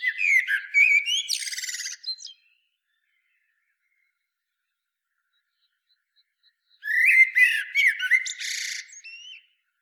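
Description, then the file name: Common blackbird song: two phrases separated by a few seconds of silence, each a low fluty warble ending in a high, scratchy twitter. "Turdus merula"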